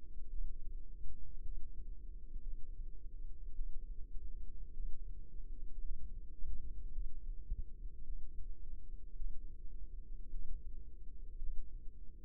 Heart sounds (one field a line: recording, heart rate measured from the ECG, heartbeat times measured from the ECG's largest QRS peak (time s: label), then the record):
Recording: heart sounds by microphone in the left ear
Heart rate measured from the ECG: 54 bpm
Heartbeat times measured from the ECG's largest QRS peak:
0.29 s: heartbeat
1.42 s: heartbeat
2.42 s: heartbeat
3.54 s: heartbeat
4.73 s: heartbeat
5.80 s: heartbeat
6.91 s: heartbeat
8.03 s: heartbeat
9.15 s: heartbeat
10.30 s: heartbeat
11.38 s: heartbeat
From the record:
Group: healthy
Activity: rest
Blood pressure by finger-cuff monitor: 94/58 mmHg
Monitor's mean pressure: 69 mmHg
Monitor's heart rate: 54 bpm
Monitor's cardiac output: 4.8 L/min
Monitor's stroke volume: 88 mL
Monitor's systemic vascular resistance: 1030 dyn s/cm5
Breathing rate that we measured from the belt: 20 breaths a minute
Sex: female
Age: 28 years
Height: 170 cm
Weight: 77 kg